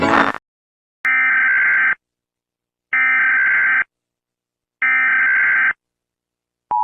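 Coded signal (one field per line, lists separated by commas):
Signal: Emergency Alert System (SAME) tones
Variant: header bursts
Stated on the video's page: Fictional analog-horror EAS broadcast alarm, self-made and not a real alert.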